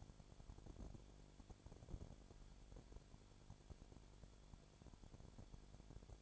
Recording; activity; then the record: daily activity, microphone in the room; no activity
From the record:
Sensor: 5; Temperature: 20.2 degrees Celsius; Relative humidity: 36.5%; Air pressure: 1001.2 hPa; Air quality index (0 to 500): 177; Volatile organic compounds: 4 ppm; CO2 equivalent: 1618 ppm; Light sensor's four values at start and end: 2/3/1/1 and 2/3/1/1